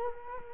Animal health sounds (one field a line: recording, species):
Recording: mosquito wingbeat signal from an infrared sensor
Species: Culex quinquefasciatus